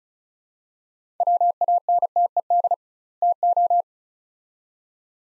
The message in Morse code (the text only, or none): WANTED TO